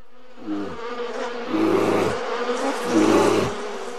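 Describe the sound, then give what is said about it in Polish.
Honey bees of a beekeeper in Stefkowa, Olszanica commune, buzzing in a steady, droning swarm, the hum rising and falling in pitch as it swells in waves, loudest in the middle and again near the end, with no voices. “Proszę państwa, jestem pszczelarzem, który się trudni 52 lata pszczelarstwem.”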